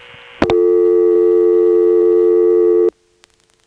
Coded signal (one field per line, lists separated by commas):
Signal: telephone call progress tone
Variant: North America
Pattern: dial tone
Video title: Carolina Tel. part 1: Step with ESS tones in Washington NC, March 1977